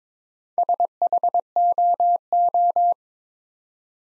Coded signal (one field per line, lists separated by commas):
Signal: Morse code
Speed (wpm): 22 wpm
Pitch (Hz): 700 Hz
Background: none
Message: SHOO